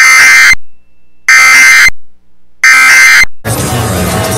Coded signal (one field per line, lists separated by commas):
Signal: Emergency Alert System (SAME) tones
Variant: end-of-message bursts